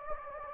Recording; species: mosquito wingbeat signal from an infrared sensor; Anopheles gambiae